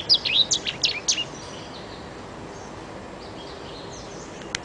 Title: Kicau Kacer